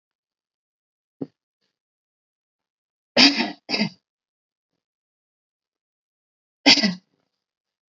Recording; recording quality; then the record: shallow voluntary cough; excellent, no background noise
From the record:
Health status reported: healthy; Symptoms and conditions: none ticked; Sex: female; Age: 18 years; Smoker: not ticked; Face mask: not worn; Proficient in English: yes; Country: India